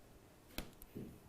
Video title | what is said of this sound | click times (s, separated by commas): JewelleryMaker LIVE 18/03/17 6PM - 11PM | then it clicks in | 0.6 s, 0.8 s